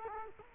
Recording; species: mosquito wingbeat signal from an infrared sensor; Culex quinquefasciatus